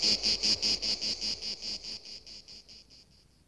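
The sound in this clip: Cicada buzzing in rapid, rhythmic, raspy pulses, several each second, high-pitched and steadily fading away toward the end.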